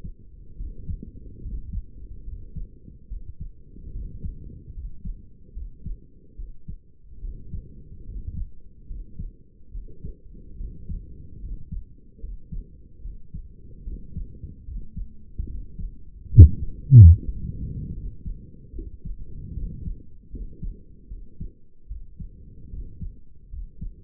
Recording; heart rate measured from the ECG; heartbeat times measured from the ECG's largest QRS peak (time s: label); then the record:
heart sounds by stethoscope; 73 bpm
0.57 s: heartbeat
1.42 s: heartbeat
2.24 s: heartbeat
3.08 s: heartbeat
3.92 s: heartbeat
4.74 s: heartbeat
5.54 s: heartbeat
6.36 s: heartbeat
7.21 s: heartbeat
8.06 s: heartbeat
8.87 s: heartbeat
9.72 s: heartbeat
10.57 s: heartbeat
11.40 s: heartbeat
12.20 s: heartbeat
13.02 s: heartbeat
13.84 s: heartbeat
14.65 s: heartbeat
15.47 s: heartbeat
16.29 s: heartbeat
17.12 s: heartbeat
17.94 s: heartbeat
18.73 s: heartbeat
19.54 s: heartbeat
20.31 s: heartbeat
21.08 s: heartbeat
21.88 s: heartbeat
22.70 s: heartbeat
23.50 s: heartbeat
From the record:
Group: healthy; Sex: male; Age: 35 years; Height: 180 cm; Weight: 86.9 kg